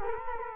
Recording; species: mosquito wingbeat signal from an infrared sensor; Culex quinquefasciatus